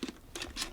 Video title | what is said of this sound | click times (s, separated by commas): Sony A7V Beginners Guide - Part 1 - Get Up & Running | And when you push it down, you can hear that little click. That's the little blue lever there. | 0.4 s